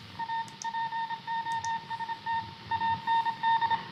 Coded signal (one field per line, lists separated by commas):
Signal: Morse code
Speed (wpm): 26 wpm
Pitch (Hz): 910 Hz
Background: none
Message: A POST AND